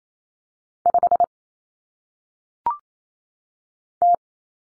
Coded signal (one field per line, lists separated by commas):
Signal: Morse code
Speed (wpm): 28 wpm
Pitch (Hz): 700 Hz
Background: none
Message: 5 T